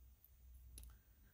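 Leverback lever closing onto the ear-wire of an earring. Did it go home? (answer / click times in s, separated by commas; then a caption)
yes / 0.8 s. The lever of a stainless steel leverback ear-wire on a finished crystal drop earring is closed until it catches, giving a slight, sharp snap at 0.8 s. The lever seats and the ear-wire snaps shut.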